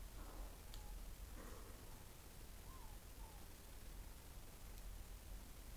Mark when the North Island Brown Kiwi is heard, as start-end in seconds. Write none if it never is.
none